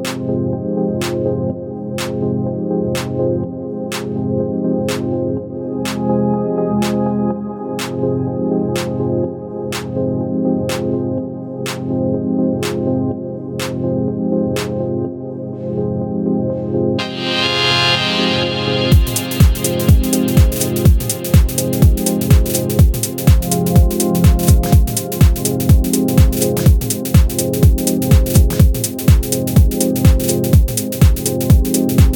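An electronic piece opens with steady layered tones under a sharp tick every second or so. Around seventeen seconds a bright swelling rush builds, and at nineteen seconds a dense, fast beat with punchy low kicks takes over to the end.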